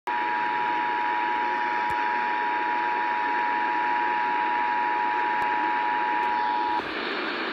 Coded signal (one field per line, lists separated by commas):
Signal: Emergency Alert System (SAME) tones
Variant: 853 and 960 Hz attention tone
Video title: ANOTHER Immediate Evacuation for Butte CA | EAS #463